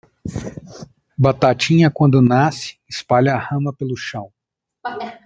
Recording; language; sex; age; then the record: short text; Brazilian Portuguese; male; 40 to 49 years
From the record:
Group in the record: control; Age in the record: 43 years